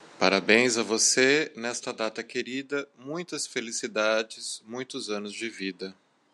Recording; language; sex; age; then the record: short text; Brazilian Portuguese; male; 40 to 49 years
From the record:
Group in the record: control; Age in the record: 41 years